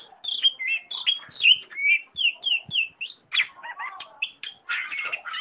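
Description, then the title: Long-tailed shrike song: repeated high slurred whistles, twittering notes and a burst of harsh chatter toward the end. A combination song. "Cendet Kombinasi"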